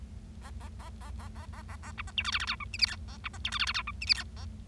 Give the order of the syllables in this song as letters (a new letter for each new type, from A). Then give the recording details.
A A A A A A A A A B C D E F F G H I J K A B C D E F F G H I J K A. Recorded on 25 March 2012 at 08:32. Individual gy6or6